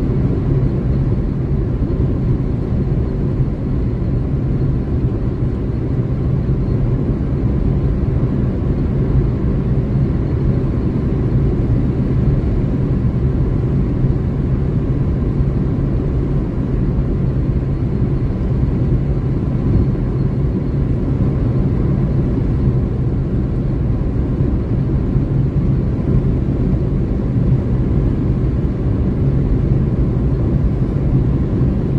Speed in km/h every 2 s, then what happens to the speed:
158, 157, 157, 158, 158, 158, 158, 158, 158, 160, 158, 158, 158, 157, 157, 157.
0-32 steady at about 158.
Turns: none.